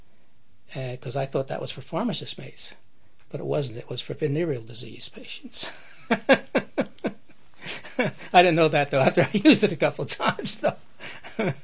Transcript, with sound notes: because I thought that was for pharmacist mates, but it wasn't. It was for venereal disease patients. [Laughs] I didn't know that until after I used it a couple of times, though.